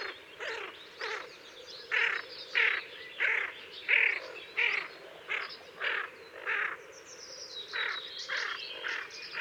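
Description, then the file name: Tufted duck growling calls, a series of harsh rasps, thin whistles from other birds in the background. "Kuifeend Aythya fuligula"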